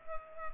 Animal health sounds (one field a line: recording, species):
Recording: mosquito wingbeat signal from an infrared sensor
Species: Culex pipiens